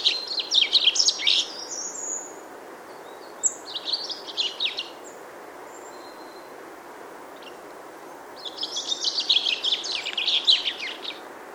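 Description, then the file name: Common chaffinch song: three bright, tumbling phrases of high notes separated by pauses, with a few faint thin notes in the gaps. "Fringilla coelebs"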